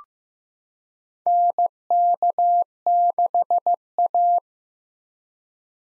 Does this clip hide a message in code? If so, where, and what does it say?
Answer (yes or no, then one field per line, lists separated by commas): yes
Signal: Morse code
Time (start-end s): 1.3-4.4 s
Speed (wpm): 15 wpm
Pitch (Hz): 700 Hz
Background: none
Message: NK6A